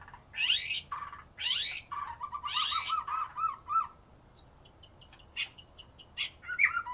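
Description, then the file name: White-rumped shama song opening with harsh buzzy bursts and a low rattled series, then a string of short, high, pure whistled notes. "murai batu"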